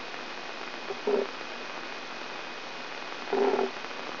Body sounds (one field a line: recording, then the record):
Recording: brain microelectrode recording played as sound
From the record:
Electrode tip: outside the subthalamic nucleus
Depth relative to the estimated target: 3 mm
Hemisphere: right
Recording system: AlphaMap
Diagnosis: Parkinson's disease